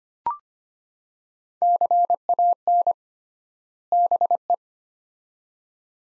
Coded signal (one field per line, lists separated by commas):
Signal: Morse code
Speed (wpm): 25 wpm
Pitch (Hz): 700 Hz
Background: none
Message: CAN BE